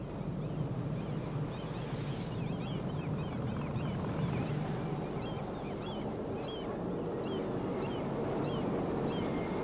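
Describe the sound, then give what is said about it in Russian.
A motor ship's steady low engine rumble and a broad wash of wind and water on deck run unbroken throughout, as the ship approaches a pier below Akershus Fortress, with faint high bird chirps scattered over the top and no voices. “Анна и Дмитрий стоят в толпе на носу теплохода.”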